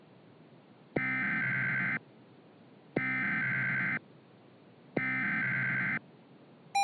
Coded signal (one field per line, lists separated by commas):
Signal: Emergency Alert System (SAME) tones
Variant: header bursts